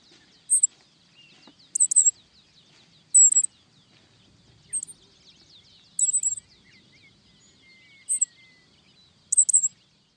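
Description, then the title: Black-masked finch calls: seven very high, thin, short notes repeated every second or two, with faint soft chirping beneath. "LuckyPassaro Completos2Sama. Black-masked Finch (Coryphaspiza melanotis)"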